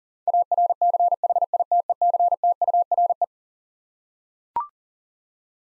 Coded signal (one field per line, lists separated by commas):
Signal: Morse code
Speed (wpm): 40 wpm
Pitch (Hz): 700 Hz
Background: none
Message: ARCHITECTURE